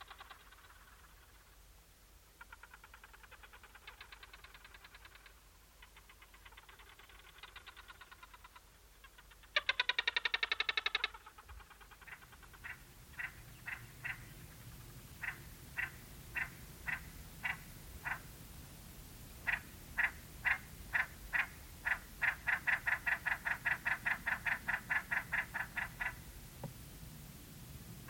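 In the Namib desert, rapid clicking calls sound in bursts, with one loud burst near ten seconds, over a low steady rumble.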